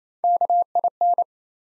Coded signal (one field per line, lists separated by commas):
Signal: Morse code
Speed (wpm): 28 wpm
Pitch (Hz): 700 Hz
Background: none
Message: KIN